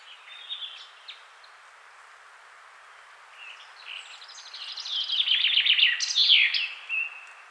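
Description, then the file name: Common chaffinch song: a few scattered high notes, then a trill that builds to a loud closing flourish. "Fringilla coelebs"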